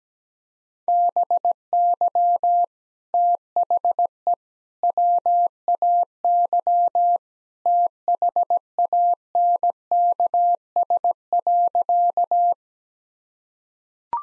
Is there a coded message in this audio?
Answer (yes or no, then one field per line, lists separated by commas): yes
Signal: Morse code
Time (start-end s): 0.9-12.5 s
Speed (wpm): 17 wpm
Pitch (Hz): 700 Hz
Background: none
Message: BY THE WAY THANKS.